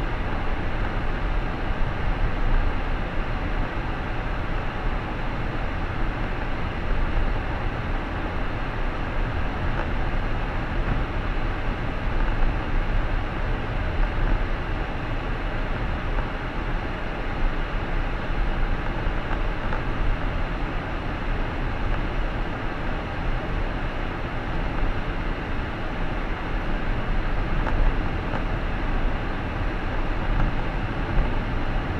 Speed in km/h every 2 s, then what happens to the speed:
41, 41, 40, 40, 41, 41, 41, 43, 45, 47, 48, 49, 51, 52, 52, 52.
0-12 steady at about 41. 12-24 speeds up to 51. 24-32 steady at about 52.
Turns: none.